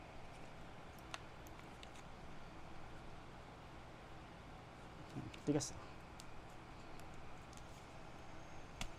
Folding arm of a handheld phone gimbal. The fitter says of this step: so pag inikot mo siya ng counterclockwise Tingan natin nag-click na siya